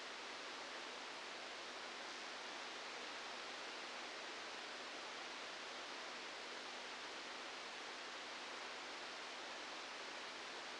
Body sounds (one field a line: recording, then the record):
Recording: brain microelectrode recording played as sound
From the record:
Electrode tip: outside the subthalamic nucleus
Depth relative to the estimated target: -6 mm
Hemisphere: left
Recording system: NeuroSet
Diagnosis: Parkinson's disease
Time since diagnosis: 15 years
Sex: female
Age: 59 years